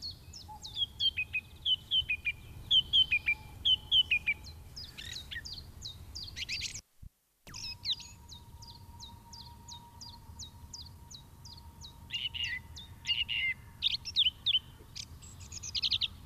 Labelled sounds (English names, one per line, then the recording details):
Song Thrush song
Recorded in the wild
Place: Garmisch-Partenkirchen, Bayern, DE
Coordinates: 47.4919, 11.0972
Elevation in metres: 706
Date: 1969-04-13
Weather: Schneefall
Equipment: Nagra III, Sennheiser MKH 405
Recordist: Tretzel, Erwin